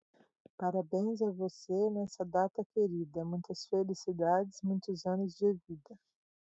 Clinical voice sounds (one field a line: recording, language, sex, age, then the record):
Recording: short text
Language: Brazilian Portuguese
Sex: female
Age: 40 to 49 years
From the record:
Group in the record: control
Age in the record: 43 years